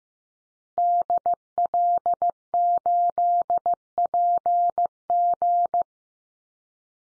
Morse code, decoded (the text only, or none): DL8PG